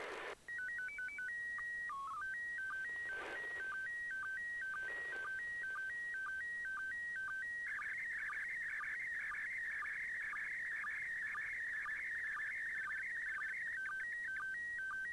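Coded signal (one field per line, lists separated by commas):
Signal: SSTV (slow-scan television)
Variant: PD 120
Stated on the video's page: SSTV images received from the International Space Station, used as examples in a club SSTV training demonstration.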